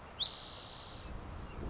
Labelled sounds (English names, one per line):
Spotted Towhee